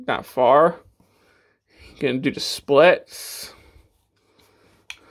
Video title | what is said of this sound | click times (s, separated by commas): Transformers Reviews - Legacy Evolution Shrapnel | got knees about that far they sort of actually click into place too | 4.9 s